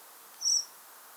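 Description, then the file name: Common blackbird giving a single thin, very high, drawn-out whistled note about a quarter second long, over a faint steady background hiss. "Turdus merula"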